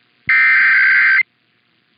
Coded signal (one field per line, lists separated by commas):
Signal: Emergency Alert System (SAME) tones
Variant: header bursts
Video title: EAS #31-34 - Illinois and Hawaii Monthly Tests (1/2/24)